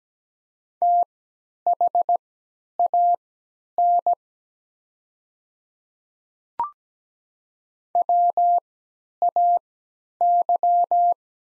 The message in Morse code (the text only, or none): THAN WAY